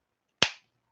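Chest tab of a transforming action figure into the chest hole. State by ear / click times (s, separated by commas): seated / 0.4 s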